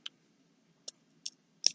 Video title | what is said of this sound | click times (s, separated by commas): on commence le dp du montage photo de mon mariage | là on entend bien le petit bruit | 1.7 s